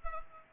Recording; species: mosquito wingbeat signal from an infrared sensor; Culex pipiens